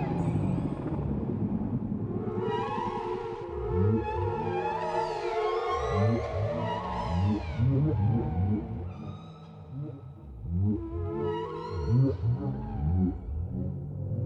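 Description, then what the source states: Whale chorus with repeated arched low moans, plus higher swooping cries, over a steady harmonic drone. Chorus of several whales.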